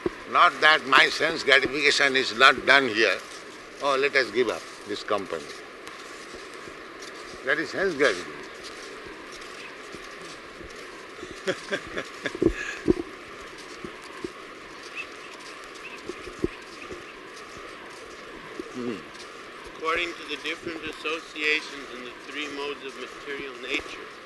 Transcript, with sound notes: Not that "My sense gratification is not done here. Oh, let us give up this company." That is sense gratification. [laughs]
"According to the different associations in the three modes of material nature,